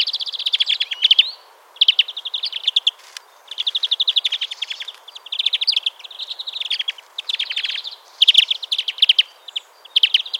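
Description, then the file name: European greenfinch giving fast twittering trills in repeated bursts with short gaps between runs, and one sharp click partway through. "Chloris chloris"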